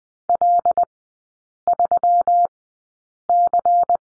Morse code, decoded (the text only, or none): L3C